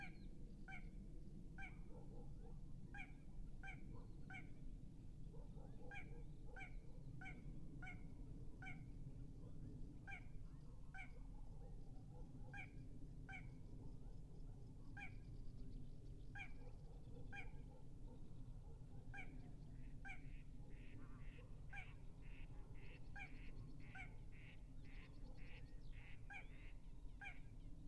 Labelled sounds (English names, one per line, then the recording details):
Little Crake song
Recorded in the wild
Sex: male
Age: adult
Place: Gartz (Oder), Nationalpark Unteres Odertal, Brandenburg, DE
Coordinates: 53.1148, 14.3622
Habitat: wetland
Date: 2016-04-22 22:55
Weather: 5°C, 80% humidity, almost windless
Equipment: Edirol R44, Microtech Gefell MK 250/MV220
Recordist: Freitag, Annika and Frommolt, Karl-Heinz
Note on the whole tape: Polder 10: calibrated recording of a little crake. Distance 38.6 m estimated using a line array (recording